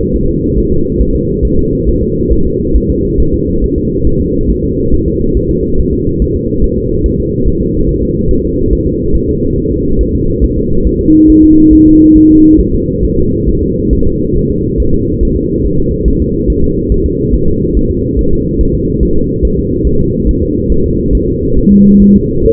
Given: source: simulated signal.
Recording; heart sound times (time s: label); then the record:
fetal heart sounds
0.16 s: S1
0.30 s: S2
0.58 s: S1
0.72 s: S2
1.02 s: S1
1.15 s: S2
1.45 s: S1
1.59 s: S2
1.89 s: S1
2.03 s: S2
2.33 s: S1
2.46 s: S2
2.76 s: S1
2.90 s: S2
3.20 s: S1
3.34 s: S2
3.64 s: S1
3.78 s: S2
4.07 s: S1
4.21 s: S2
4.50 s: S1
4.64 s: S2
4.94 s: S1
5.08 s: S2
5.37 s: S1
5.51 s: S2
5.80 s: S1
5.94 s: S2
6.22 s: S1
6.36 s: S2
6.64 s: S1
6.78 s: S2
7.06 s: S1
7.20 s: S2
7.48 s: S1
7.61 s: S2
7.89 s: S1
8.03 s: S2
8.31 s: S1
8.45 s: S2
8.73 s: S1
8.87 s: S2
9.16 s: S1
9.29 s: S2
9.58 s: S1
9.72 s: S2
10.01 s: S1
10.15 s: S2
10.44 s: S1
10.58 s: S2
10.87 s: S1
11.01 s: S2
11.30 s: S1
11.44 s: S2
11.73 s: S1
11.87 s: S2
12.17 s: S1
12.31 s: S2
12.60 s: S1
12.74 s: S2
13.05 s: S1
13.18 s: S2
13.49 s: S1
13.63 s: S2
13.93 s: S1
14.07 s: S2
14.37 s: S1
14.50 s: S2
14.80 s: S1
14.94 s: S2
15.23 s: S1
15.37 s: S2
15.66 s: S1
15.80 s: S2
16.08 s: S1
16.22 s: S2
16.50 s: S1
16.64 s: S2
16.92 s: S1
17.06 s: S2
17.34 s: S1
17.48 s: S2
17.77 s: S1
17.91 s: S2
18.19 s: S1
18.33 s: S2
18.61 s: S1
18.75 s: S2
19.03 s: S1
19.17 s: S2
19.45 s: S1
19.59 s: S2
19.87 s: S1
20.01 s: S2
20.29 s: S1
20.43 s: S2
20.72 s: S1
20.86 s: S2
21.15 s: S1
21.29 s: S2
21.58 s: S1
21.72 s: S2
22.02 s: S1
22.16 s: S2
22.45 s: S1
From the record:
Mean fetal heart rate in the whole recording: 140 bpm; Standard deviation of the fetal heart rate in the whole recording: 2 bpm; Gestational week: 34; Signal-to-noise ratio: -16.4 dB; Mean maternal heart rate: 72 bpm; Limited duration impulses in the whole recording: present